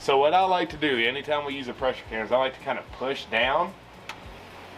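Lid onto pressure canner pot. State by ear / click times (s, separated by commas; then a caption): seated / 4.1 s. Someone talks, then pushes down on a metal pressure canner lid while turning it on the pot so the gasket seals and the lid locks. A short, sharp tick sounds at 4.1 s as the lid twists into its locked, seated position, making the seal lock tight so the canner can build pressure.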